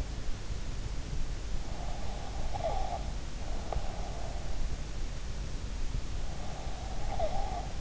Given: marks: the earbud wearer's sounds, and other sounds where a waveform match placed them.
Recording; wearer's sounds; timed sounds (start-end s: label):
sounds in sleep by an in-ear microphone; breath
2.00-4.01 s: breath
6.40-7.81 s: breath